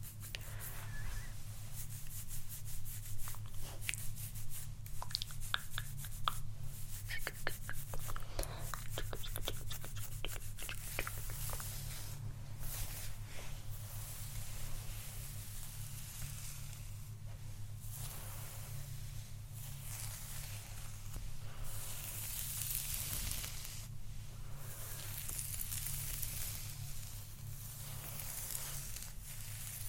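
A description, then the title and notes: Steady hair brushing and scratching with quick, dense strokes, busiest in the first ten seconds, then settling into slower bright sweeps and rubs. A constant low hum sits underneath throughout, with the bristly scratches riding sharply above it. Hair Play, Brushing, Scratching, Combing.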